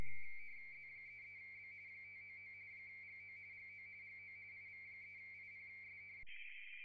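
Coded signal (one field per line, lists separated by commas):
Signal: RTTY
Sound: fast warbling two-tone chatter between two close pitches, then abrupt change near end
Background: low hum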